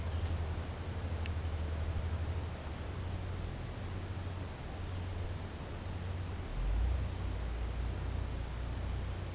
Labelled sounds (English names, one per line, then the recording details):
none
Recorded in pastures near Puerto Asís, Putumayo, Colombia, on 19 March 2025 at 16:30
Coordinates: 0.472, -76.329
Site G074